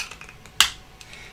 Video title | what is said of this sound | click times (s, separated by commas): You'll Love Building This 3D Printed Kit! | sometimes you do get actually that nice satisfying snap right in there | 0.6 s